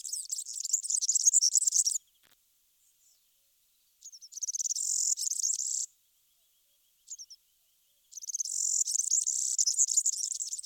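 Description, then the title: European serin song in three high, squeaky, fizzing bursts, with short thin notes in the gaps. "Sylvain Jaskowiak - Mes piafs. Serin cini"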